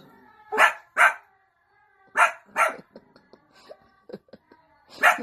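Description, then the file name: Dog barking in two quick pairs of loud barks, then a few softer short sounds, and a final loud bark. Cute dog barking. "Tieng cho sua de thuong dang yeu"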